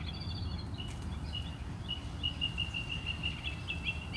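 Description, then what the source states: Bird song: a run of clear whistled notes held at nearly the same pitch, repeated quickly, over steady low rumbling background noise. Birds singing outside the recordist's house.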